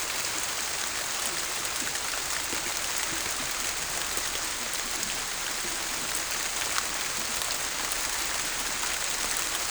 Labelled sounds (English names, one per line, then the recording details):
none
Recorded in secondary vegetation near Puerto Asís, Putumayo, Colombia, on 26 December 2024 at 11:30
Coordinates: 0.489, -76.322
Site G059